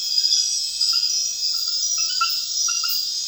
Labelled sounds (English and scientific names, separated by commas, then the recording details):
none
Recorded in secondary vegetation near Puerto Asís, Putumayo, Colombia, on 30 June 2025 at 22:00
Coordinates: 0.498, -76.327
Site GP09